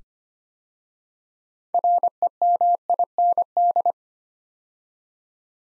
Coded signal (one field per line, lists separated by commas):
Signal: Morse code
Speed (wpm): 25 wpm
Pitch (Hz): 700 Hz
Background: none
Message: REMIND